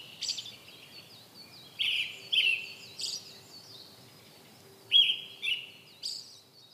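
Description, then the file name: Brown-headed thrush song: short two-note whistled phrases repeated every few seconds, with thin chirps of other birds above. "akahara"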